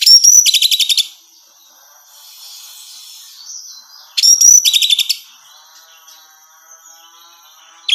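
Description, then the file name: Orange-headed thrush calls: two fast, harsh rattling bursts of high notes about four seconds apart, with faint hiss between them. Female. "suara burung anis merah betina"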